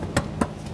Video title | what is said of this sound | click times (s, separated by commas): How to Replace Fuel Pump Module Assembly 2009-2014 Nissan Maxima (3.5L V6) | Listen for a click, give it a light tug upward, it should be secured in place. | 0.2 s, 0.4 s